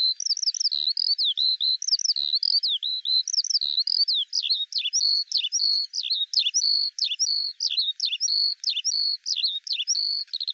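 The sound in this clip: Eurasian skylark song: a continuous, fast flow of high warbling chirps and trills without pause, varied and bubbling throughout.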